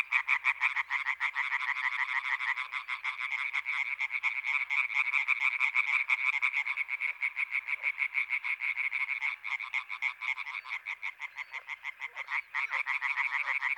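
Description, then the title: European tree frogs in full chorus, a steady stream of fast nasal, rattling croaks from numerous frogs calling at once. Intense chorus activity at Etang des Marguilliers pond in Sologne, France, recorded 21 May 1993, one hour after nightfall. "Choeur de rainettes en Sologne"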